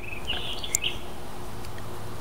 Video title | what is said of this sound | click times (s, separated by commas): Kershaw Composite Blackwash Leek 1660CBBW - video demo | locks into place not going to open on you when | 0.8 s